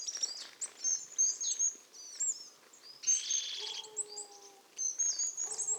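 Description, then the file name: Marsh tit calls: sharp high chips and a burst of buzzy, nasal notes, with a faint steady lower tone partway through. "Poecile palustris"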